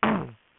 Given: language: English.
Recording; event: throat vibration sensor signal played as sound; throat clearing